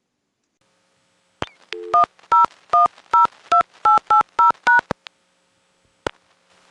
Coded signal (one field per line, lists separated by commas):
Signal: DTMF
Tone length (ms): 140 ms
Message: 10102880#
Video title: Phone Trip to Palmerton Telephone Company - April 2026